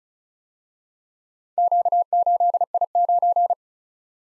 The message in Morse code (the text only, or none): Q8I9